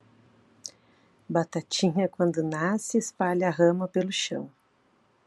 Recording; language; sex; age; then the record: short text; Brazilian Portuguese; female; 50 to 59 years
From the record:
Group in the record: control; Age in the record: 50 years